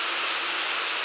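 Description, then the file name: Northern waterthrush call: a single very high, thin note lasting about a tenth of a second, slightly rising, against a steady hiss. "nowa"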